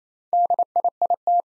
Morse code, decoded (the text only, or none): DIIT